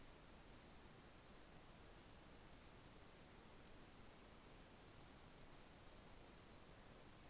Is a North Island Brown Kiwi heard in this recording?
no